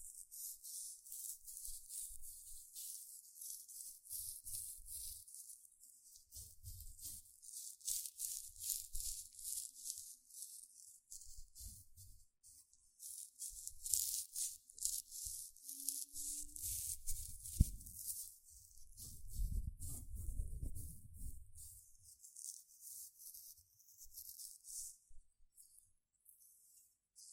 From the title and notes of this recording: ASMR 6 Tingly Gentle Scratching Sounds (No Talking).